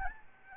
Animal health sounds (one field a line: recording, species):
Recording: mosquito wingbeat signal from an infrared sensor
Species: Aedes albopictus